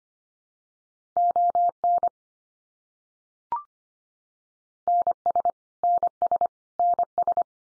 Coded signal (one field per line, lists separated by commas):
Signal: Morse code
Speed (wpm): 25 wpm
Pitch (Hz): 700 Hz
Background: none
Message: ON NS NS NS